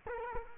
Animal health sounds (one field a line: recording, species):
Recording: mosquito wingbeat signal from an infrared sensor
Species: Culex quinquefasciatus